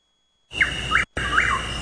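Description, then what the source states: Chuck-will's-widow call: whistled notes rising and falling, over steady background hiss. Played on the Bird Calls radio segment.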